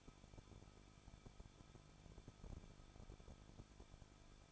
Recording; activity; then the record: daily activity, microphone in the room; no activity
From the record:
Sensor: 5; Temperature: 20.8 degrees Celsius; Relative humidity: 38.6%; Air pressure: 1006.5 hPa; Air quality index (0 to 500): 192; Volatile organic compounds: 21 ppm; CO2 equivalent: 2709 ppm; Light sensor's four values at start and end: 2/3/1/1 and 2/3/1/1